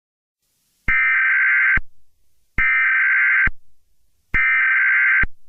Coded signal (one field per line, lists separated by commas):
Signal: Emergency Alert System (SAME) tones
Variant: header bursts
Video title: EAS Scenario | Toy Story 5: Plastic Rebellion (#92)